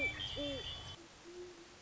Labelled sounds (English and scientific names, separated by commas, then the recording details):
Great Horned Owl (Bubo virginianus)
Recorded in Sonoma County, California